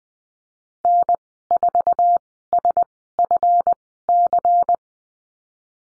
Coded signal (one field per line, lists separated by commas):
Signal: Morse code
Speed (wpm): 20 wpm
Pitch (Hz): 700 Hz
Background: none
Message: N4SFC